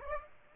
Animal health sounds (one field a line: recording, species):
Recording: mosquito wingbeat signal from an infrared sensor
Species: Aedes aegypti